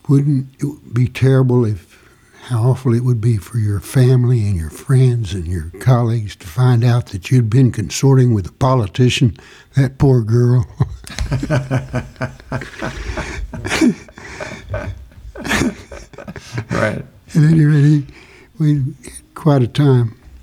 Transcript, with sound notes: “Wouldn't it be terrible if—how awful it would be for your family and your friends and your colleagues to find out that you'd been consorting with a politician. That poor girl.” (Laughing) Yeah, at any rate, we had quite a time.